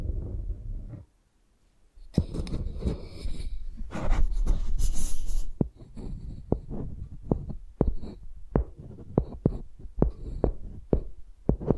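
Microphones scraped and tapped like pencils: a low rumbling rub, a second of silence, then a dense, scratchy scribbling burst from about two to nearly six seconds. After that come sharp, irregular taps and thumps, roughly one or two per second, over a faint high whine.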